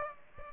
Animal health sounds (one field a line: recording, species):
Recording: mosquito wingbeat signal from an infrared sensor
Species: Aedes aegypti